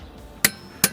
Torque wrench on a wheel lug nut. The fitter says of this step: it is that's the click I'm listening for to know that it store right